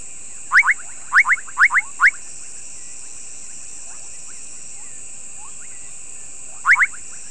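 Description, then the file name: Bubbling kassina calls: short, rising, bubbly notes, mostly in pairs, in quick succession, then another pair after a long pause, over a steady high drone. "Kassina senegalensis"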